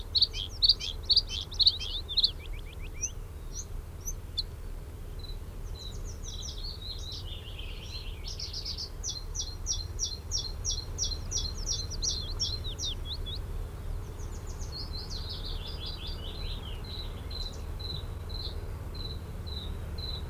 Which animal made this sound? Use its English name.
Bluethroat